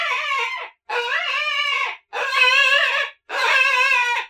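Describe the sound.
Coyote pups whining: four wavering, quavering harmonic cries, each about a second long, separated by brief silent gaps.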